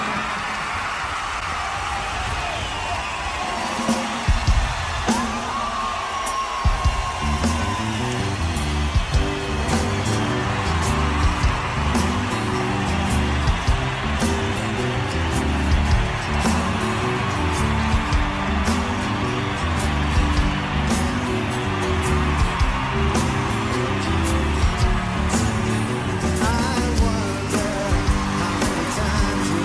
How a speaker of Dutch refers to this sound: Uitzinnig publiek. Ja, thanks for keeping me alive, zegt hij tegen het publiek.